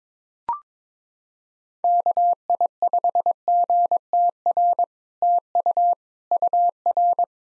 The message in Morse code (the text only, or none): KI5GTR TU UR